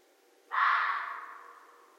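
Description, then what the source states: Red fox: one raspy, hoarse cry starting sharply and dying away over roughly a second in otherwise near silence. Recorded 13 January 2012.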